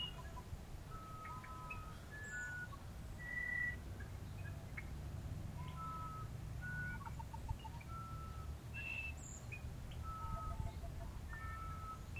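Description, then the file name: Musician wren song: pure, flute-like whistled notes at changing pitches, each held briefly, with a short run of quick stuttered notes midway, over a steady low rumble. "uirapuru"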